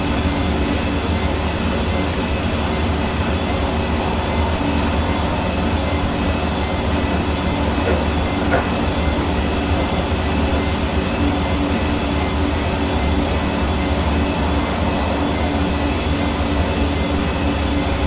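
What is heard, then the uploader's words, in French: A washing machine runs with a steady, dense rumble and whir that holds at the same level throughout. A low hum and several constant tones sit under the noise, and faint brief clicks come through around the fifth and eighth seconds. Lave-linge.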